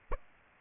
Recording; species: mosquito wingbeat signal from an infrared sensor; Aedes aegypti